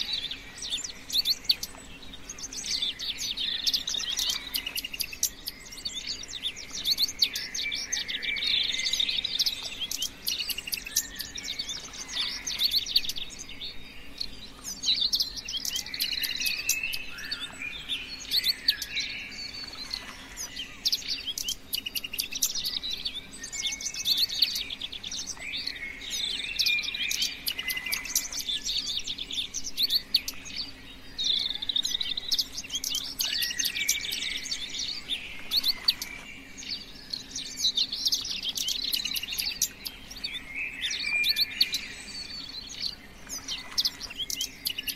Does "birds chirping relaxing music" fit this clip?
yes